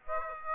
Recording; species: mosquito wingbeat signal from an infrared sensor; Aedes aegypti